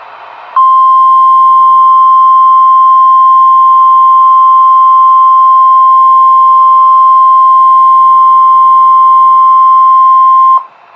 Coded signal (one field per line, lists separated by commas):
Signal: Emergency Alert System (SAME) tones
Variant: 1050 Hz attention tone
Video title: REAL EAS 1169-Severe Thunderstorm Warning